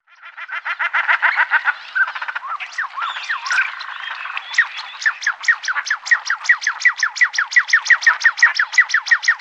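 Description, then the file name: Common shelduck calls: a fast series of repeated downslurred whistled notes, with a few higher twisting notes near the middle. "Gravand"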